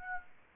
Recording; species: mosquito wingbeat signal from an infrared sensor; Aedes aegypti